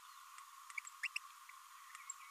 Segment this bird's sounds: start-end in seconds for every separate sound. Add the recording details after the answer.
1.03-1.07. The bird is a male. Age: 27 days. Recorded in a nest box in Venezuela. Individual 17B32A6